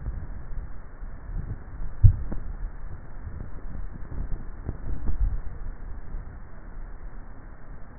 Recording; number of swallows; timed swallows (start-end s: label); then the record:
swallowing sounds by neck microphone; 2
1.85-2.58 s: swallow
5.02-5.75 s: swallow
From the record:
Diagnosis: dysphagia